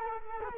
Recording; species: mosquito wingbeat signal from an infrared sensor; Culex quinquefasciatus